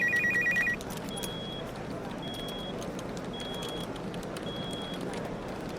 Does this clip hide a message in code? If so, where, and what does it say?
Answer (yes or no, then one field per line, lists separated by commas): no